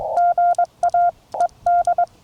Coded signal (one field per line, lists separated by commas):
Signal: Morse code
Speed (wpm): 21 wpm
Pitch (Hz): 700 Hz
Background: none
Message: GA ED